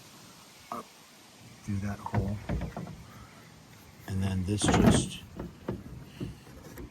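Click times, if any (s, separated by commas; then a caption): none. Someone talks while lining up a third brake light housing at its mount on the vehicle body and tucking its wires so they don't get pinched, with a few light plastic contact sounds near the end. The housing is only being handled and positioned; nothing has seated or clicked yet.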